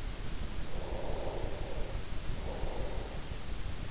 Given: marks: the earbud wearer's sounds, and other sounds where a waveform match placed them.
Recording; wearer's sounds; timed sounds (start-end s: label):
sounds in sleep by an in-ear microphone; breath
0.16-3.81 s: breath